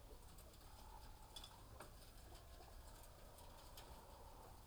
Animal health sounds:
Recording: poultry house recording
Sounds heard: healthy chickens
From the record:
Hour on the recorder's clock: 18

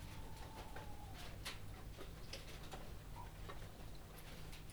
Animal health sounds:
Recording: poultry house recording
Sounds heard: healthy chickens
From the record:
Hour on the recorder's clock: 21

